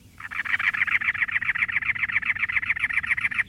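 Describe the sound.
Cactus Wren call, a harsh grating chatter of rapid, even, scratchy notes repeated nonstop for over three seconds.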